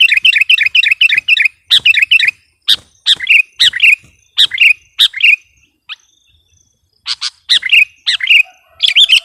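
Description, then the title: Sooty-headed bulbul chirping in quick runs of bright, slightly harsh notes, broken by short pauses. "kutilang"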